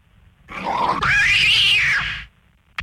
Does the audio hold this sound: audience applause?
no